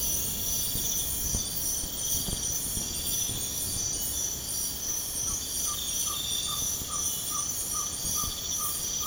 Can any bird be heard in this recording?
yes